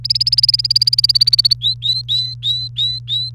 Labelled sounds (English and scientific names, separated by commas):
Domestic Canary (Serinus canaria) song